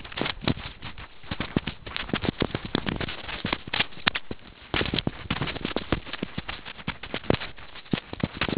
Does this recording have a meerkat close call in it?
no